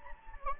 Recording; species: mosquito wingbeat signal from an infrared sensor; Anopheles gambiae